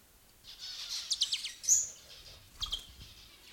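Bourke's parrot chirping calls: a quick burst of thin high chirps, then a pause and a couple more short chirps, quiet background.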